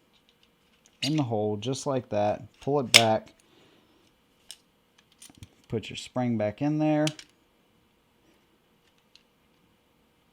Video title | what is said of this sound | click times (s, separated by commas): Walther PPS M2 vs CCP M2. Which Walther Is The Better CCW? | it click into place there you go PPS m2 all right | 9.1 s